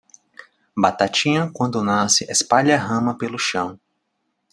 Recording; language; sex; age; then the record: short text; Brazilian Portuguese; male; 20 to 29 years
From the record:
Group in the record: control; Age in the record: 27 years